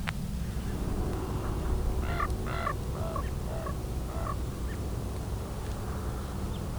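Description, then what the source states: Common raven calls, a run of about five short hoarse notes over two seconds, over a steady low rumble of background noise. A second raven arrives and lands in front of the recordist; a raven seems unhappy about a red-tailed hawk just above it.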